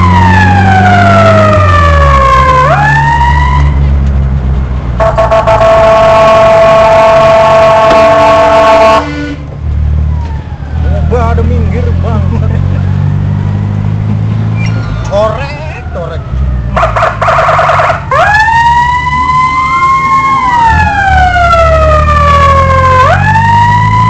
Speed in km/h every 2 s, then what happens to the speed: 51, 54, 48, 35, 28, 31, 36, 42, 27, 18, 15, 25.
3-8 brakes to 28. 8-13 speeds up to 42. 13-18 brakes to 18. 20-24 speeds up to 25.